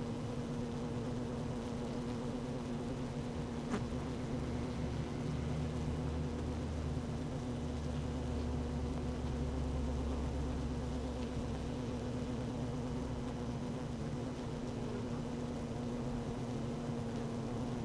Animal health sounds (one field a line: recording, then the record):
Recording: honeybee colony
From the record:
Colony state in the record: active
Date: 12 June 2018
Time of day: 15:55